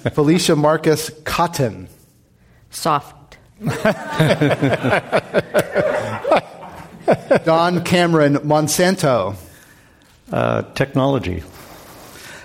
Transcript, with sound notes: Felicia Marcus, cotton.
Soft.
[Laughter]
Don Cameron, Monsanto.
Technology.